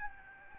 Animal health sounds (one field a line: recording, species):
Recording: mosquito wingbeat signal from an infrared sensor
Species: Aedes albopictus